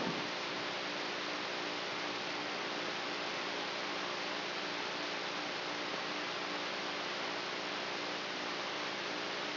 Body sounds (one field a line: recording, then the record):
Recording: brain microelectrode recording played as sound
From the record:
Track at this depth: outside the subthalamic nucleus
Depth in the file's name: 1.406 mm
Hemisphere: right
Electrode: 3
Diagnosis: Parkinson's disease